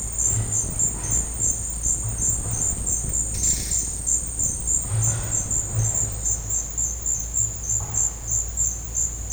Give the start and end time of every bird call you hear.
3.28s-3.81s: bird call

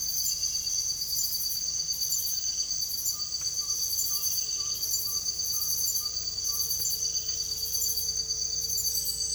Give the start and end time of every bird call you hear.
3.09s-6.64s: bird call

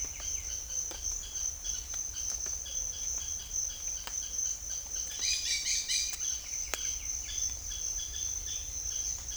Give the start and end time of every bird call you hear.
0.00s-9.36s: bird call

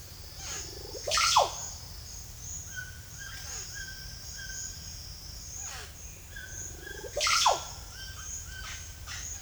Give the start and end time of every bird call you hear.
0.76s-1.58s: bird call
2.70s-4.96s: bird call
6.36s-8.84s: bird call

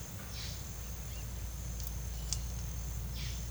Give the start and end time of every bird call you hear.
3.10s-3.48s: bird call

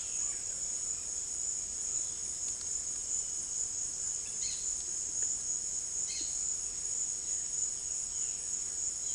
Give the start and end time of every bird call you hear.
4.34s-4.63s: bird call
6.02s-6.31s: bird call

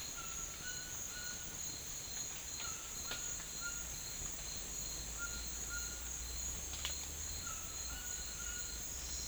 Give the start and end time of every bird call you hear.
0.10s-1.44s: bird call
2.51s-3.88s: bird call
5.11s-6.14s: bird call
7.37s-8.68s: bird call

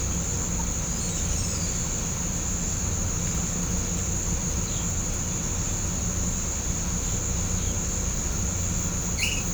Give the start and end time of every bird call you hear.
0.90s-1.92s: bird call
9.13s-9.46s: bird call

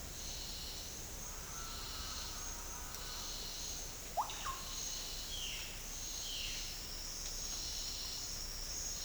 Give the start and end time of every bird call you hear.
1.45s-3.39s: bird call
4.12s-4.62s: bird call
5.32s-6.74s: bird call

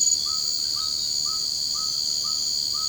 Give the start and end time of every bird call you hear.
0.00s-2.88s: bird call

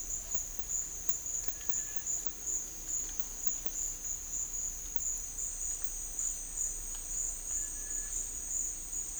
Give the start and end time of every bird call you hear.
1.44s-2.06s: bird call
7.43s-8.11s: bird call

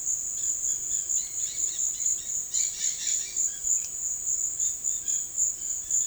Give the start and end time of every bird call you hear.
0.28s-3.91s: bird call
4.46s-6.06s: bird call

